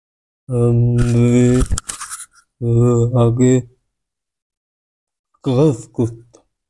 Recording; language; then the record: elicited speech; Bengali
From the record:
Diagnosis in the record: Broca's or global aphasia after a stroke